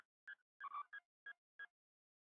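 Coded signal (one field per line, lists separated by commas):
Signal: none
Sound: net software beeps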